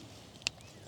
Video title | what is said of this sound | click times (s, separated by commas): The backpacking gadget you’ll want on your next trip ￼ | it locks into place right here. | 0.5 s